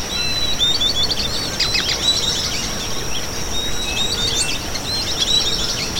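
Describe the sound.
Bird chirping and twittering in high bursts, with a continuous thin whine above and low, rumbling background noise throughout.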